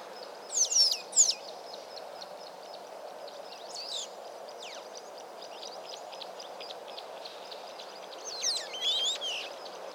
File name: Black saw wing